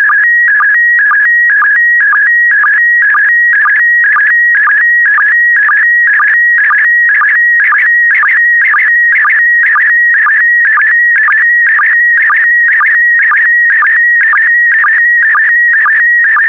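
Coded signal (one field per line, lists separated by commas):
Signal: SSTV (slow-scan television)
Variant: PD120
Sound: steady warbling mid-pitch tone with regular short low blips about twice per second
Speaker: complete. You can now check your decoded image against the picture that is shown on the video.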